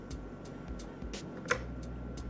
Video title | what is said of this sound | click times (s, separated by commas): 2025 Gearbag video - What does Bondo keep in his gearbag? | You're going to hear a click | 1.5 s